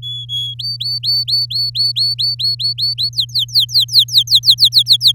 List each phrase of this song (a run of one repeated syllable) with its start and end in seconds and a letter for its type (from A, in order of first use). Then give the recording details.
0.02-0.54 A, 0.59-3.10 B, 3.13-5.12 C. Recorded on 7 May 2018 at 14:22. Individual llb16